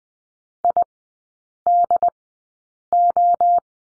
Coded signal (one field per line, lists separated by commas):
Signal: Morse code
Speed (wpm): 20 wpm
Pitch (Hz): 700 Hz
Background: none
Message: I D O